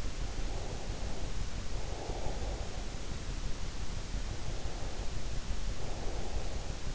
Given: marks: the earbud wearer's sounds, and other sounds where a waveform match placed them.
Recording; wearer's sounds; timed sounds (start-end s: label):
sounds in sleep by an in-ear microphone; breath
0.18-2.89 s: breath
4.27-6.95 s: breath